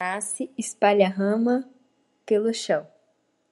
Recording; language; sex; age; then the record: short text; Brazilian Portuguese; female; 18 to 19 years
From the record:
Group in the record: control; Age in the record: 19 years